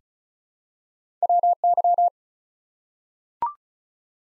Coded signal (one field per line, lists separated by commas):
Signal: Morse code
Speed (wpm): 36 wpm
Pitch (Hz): 700 Hz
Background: none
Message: WY